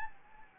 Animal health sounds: mosquito wingbeat signal from an infrared sensor; Anopheles gambiae

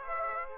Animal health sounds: mosquito wingbeat signal from an infrared sensor; Aedes aegypti

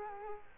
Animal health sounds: mosquito wingbeat signal from an infrared sensor; Culex quinquefasciatus

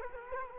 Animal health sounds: mosquito wingbeat signal from an infrared sensor; Culex quinquefasciatus

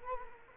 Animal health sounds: mosquito wingbeat signal from an infrared sensor; Culex quinquefasciatus

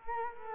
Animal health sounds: mosquito wingbeat signal from an infrared sensor; Culex quinquefasciatus

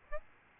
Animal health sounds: mosquito wingbeat signal from an infrared sensor; Aedes albopictus

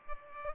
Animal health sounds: mosquito wingbeat signal from an infrared sensor; Culex pipiens

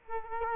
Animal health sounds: mosquito wingbeat signal from an infrared sensor; Culex quinquefasciatus

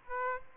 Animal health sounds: mosquito wingbeat signal from an infrared sensor; Aedes aegypti

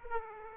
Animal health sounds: mosquito wingbeat signal from an infrared sensor; Aedes aegypti

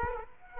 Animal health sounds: mosquito wingbeat signal from an infrared sensor; Aedes aegypti

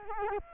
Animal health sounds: mosquito wingbeat signal from an infrared sensor; Culex quinquefasciatus

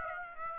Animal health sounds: mosquito wingbeat signal from an infrared sensor; Aedes aegypti

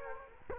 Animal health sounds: mosquito wingbeat signal from an infrared sensor; Culex quinquefasciatus

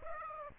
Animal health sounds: mosquito wingbeat signal from an infrared sensor; Aedes aegypti

